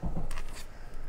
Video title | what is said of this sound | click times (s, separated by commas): Crochet Tomato Soup for Left Hand | make sure you hear the clicking sound or you can feel it | 0.3 s